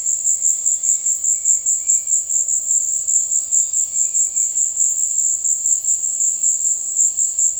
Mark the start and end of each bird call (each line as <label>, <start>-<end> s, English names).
Bright-rumped Attila, 0.00-2.29 s
unidentified bird, 2.95-4.36 s
Yellow-crowned Tyrannulet, 3.84-4.66 s